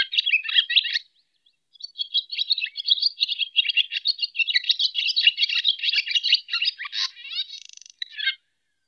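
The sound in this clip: Swallow giving rapid twittering song, a short pause, then a long run of squeaky chirps ending in a grating rattle and final twitter.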